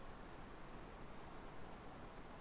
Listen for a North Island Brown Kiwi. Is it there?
no